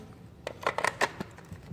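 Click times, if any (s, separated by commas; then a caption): none. A Khyber-made polymer 30-round copy of a Russian plum waffle AK magazine (5.45x39 / .222) is rocked into the magazine well of a Khyber AK-pattern rifle. A quick run of short knocks and scrapes sounds between about 0.5 and 1.2 seconds. The magazine fits snug and tight, but it has not locked in with the usual click, and nothing has clicked yet.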